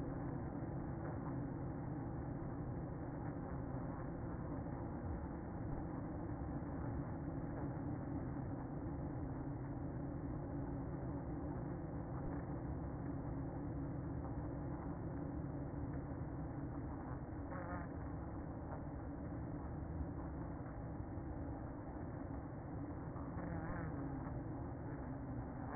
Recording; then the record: honeybee colony, microphone inside the hive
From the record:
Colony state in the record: queen present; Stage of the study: after two queens were removed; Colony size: about 60,000 bees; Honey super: yes